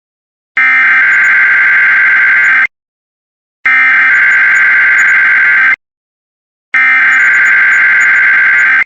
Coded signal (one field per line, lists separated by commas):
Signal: Emergency Alert System (SAME) tones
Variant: header bursts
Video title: 2 SVRs for parts of Mississippi + RWT for Nevada (EAS 180-181)